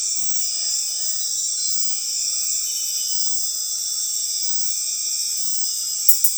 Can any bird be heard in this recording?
no